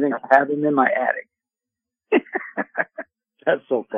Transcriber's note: laughs